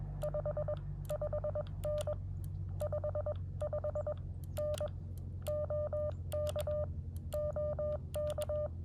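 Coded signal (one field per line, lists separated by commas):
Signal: Morse code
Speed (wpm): 21 wpm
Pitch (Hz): 600 Hz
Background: none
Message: 55N 55N OK OK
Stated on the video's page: Morse code park activation (POTA) at a state park using a Xiegu X6100 transceiver and an X-tenna end-fed antenna.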